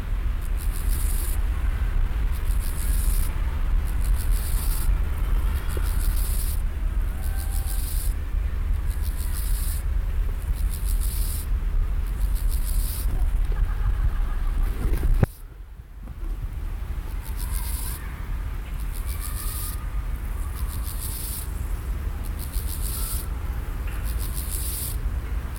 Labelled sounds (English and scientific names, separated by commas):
Steppe Grasshopper (Chorthippus dorsatus) stridulation